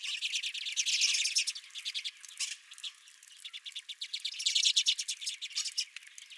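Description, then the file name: Redpolls chattering, rapid buzzy twitters loud at first, easing off in the middle, then swelling again into a dense burst. Several redpolls at the recordist's feeder. "Redpolls at My Feeder"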